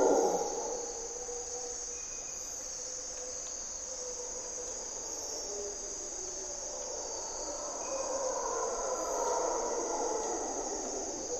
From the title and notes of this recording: Mantled Howler Monkeys in Corcovado morning twilight. Monos Congos, or Mantled Howler Monkeys, waking the jungle in Costa Rica's Parque Nacional Corcovado. With their distinctive grunt and and calls, they are a defining aspect of the Osa Peninsula's Dawn and Dusk.